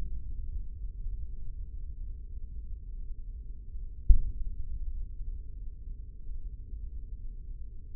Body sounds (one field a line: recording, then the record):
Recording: forearm muscle sounds (acoustic myography)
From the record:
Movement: tripod grip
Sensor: system 3, bracelet of six PUI Audio POM-2738L microphones around the upper forearm, with dedicated amplification and filtering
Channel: 5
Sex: male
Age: 55 years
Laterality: right